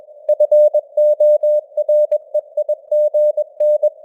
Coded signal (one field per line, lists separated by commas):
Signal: Morse code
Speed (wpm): 21 wpm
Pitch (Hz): 600 Hz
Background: none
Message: FOREIGN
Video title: Morse Code News | 2025-12-30 | 21wpm